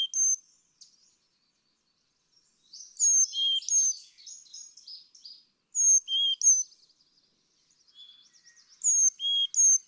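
Carolina chickadee with bright alternating high and low whistles roughly every three seconds, interspersed with quick buzzy chips and short silences.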